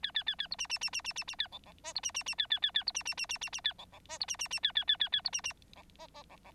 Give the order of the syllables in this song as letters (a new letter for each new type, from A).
A A A A B C C C C C C C A D D E B C C C A A A A B C C C C C C A D D E B C C C A A A A A B C C D F F D D